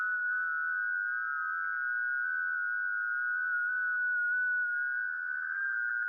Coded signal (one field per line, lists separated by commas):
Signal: FT8